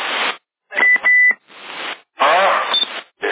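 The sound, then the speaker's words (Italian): Short, steady high-pitched beeps of a CB radio call signal cut through bursts of crackly, band-limited radio static, stopping and starting in uneven chunks with no clear voice; recorded in Sassari, January 2010. “Che ti faccio il colpo di telefono.”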